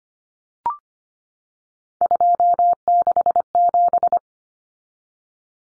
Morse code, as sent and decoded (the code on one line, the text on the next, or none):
..--- -.... --...
267